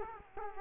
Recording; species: mosquito wingbeat signal from an infrared sensor; Culex quinquefasciatus